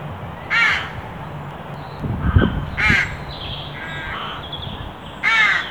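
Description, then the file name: Carrion crow giving three harsh caws, with a soft low thump and faint higher calls between them. "Corvus corone"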